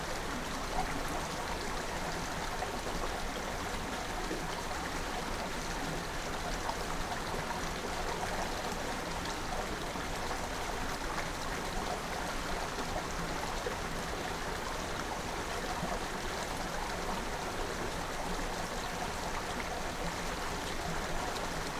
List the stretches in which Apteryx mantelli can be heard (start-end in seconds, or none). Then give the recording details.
none. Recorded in New Zealand on 13 December 2015. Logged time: 21:44. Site CL72